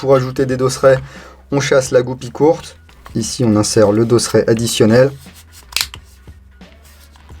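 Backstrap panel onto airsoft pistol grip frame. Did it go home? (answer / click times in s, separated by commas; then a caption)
yes / 5.8 s. Someone talks while the short grip pin is pushed out of a Tokyo Marui G17 Gen4 airsoft pistol and an extra plastic backstrap is fitted onto its polymer grip frame. The backstrap snaps into place with sharp clicks at about 5.8 s, seating it on the grip.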